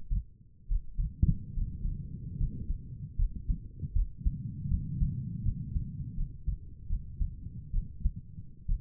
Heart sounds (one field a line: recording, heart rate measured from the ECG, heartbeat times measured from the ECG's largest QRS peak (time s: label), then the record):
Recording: heart sounds by stethoscope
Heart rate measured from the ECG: 75 bpm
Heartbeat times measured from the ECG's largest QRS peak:
0.68 s: heartbeat
1.54 s: heartbeat
2.38 s: heartbeat
3.17 s: heartbeat
3.94 s: heartbeat
4.69 s: heartbeat
5.44 s: heartbeat
6.16 s: heartbeat
6.88 s: heartbeat
7.72 s: heartbeat
8.68 s: heartbeat
From the record:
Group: healthy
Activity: breath hold 0-2 s, rest 2-9 s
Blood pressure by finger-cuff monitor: 96/69 mmHg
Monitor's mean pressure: 76 mmHg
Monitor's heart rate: 79 bpm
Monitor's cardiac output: 5.6 L/min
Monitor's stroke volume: 71 mL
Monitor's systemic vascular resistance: 940 dyn s/cm5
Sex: female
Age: 22 years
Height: 163 cm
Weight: 67.1 kg